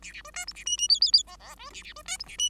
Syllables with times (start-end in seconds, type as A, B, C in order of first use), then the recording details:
0.02-0.12 A, 0.12-0.22 A, 0.24-0.31 B, 0.34-0.46 C, 0.47-0.53 D, 0.54-0.64 A, 0.66-0.77 E, 0.77-0.88 E, 0.89-0.99 F, 1.01-1.11 F, 1.12-1.23 F, 1.26-1.36 G, 1.39-1.55 G, 1.57-1.70 B, 1.73-1.83 A, 1.83-1.93 A, 1.96-2.02 B, 2.06-2.17 C, 2.19-2.25 D, 2.26-2.37 A, 2.38-2.49 E. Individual Bird5